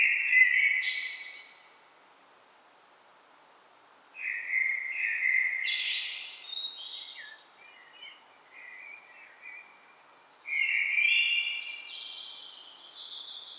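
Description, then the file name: Common blackbird song: several phrases of mellow warbling mixed with squeaky high twitters, with quiet gaps between them. "Turdus merula"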